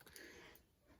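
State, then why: Not seated. A toy doll's detached leg is handled against the doll's hip socket, giving a couple of brief soft ticks near the start, followed by low rustling that fades quieter. Nothing has seated or clicked yet; the leg has not snapped back into the hip.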